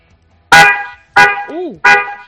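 A car horn sounds three short, loud honks in a steady rhythm, each a bright, brassy blare with a slight rough edge, separated by brief pauses.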